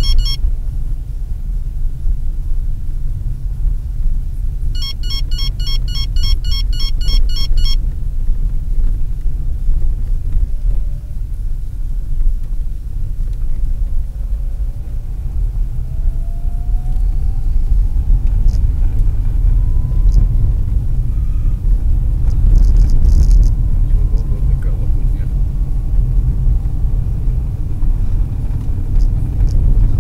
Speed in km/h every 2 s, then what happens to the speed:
22, 24, 24, 25, 22, 21, 22, 25, 26, 30, 36, 42, 49, 48, 52.
0-16 steady at about 24. 16-30 speeds up to 52.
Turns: none.